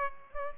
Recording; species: mosquito wingbeat signal from an infrared sensor; Aedes aegypti